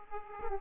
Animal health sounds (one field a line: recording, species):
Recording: mosquito wingbeat signal from an infrared sensor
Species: Aedes aegypti